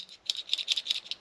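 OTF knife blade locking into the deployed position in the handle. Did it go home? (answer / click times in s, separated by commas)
no / none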